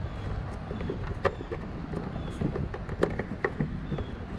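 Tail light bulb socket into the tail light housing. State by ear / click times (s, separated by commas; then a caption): not seated / none. The bulb socket with a new bulb is pushed back into the plastic tail light housing of a 2007–2013 Acura MDX and spun to twist-lock it in. Soft plastic handling and rubbing sounds are broken by a few brief sharp ticks, the loudest at about 3.5 seconds. Nothing has seated or clicked yet.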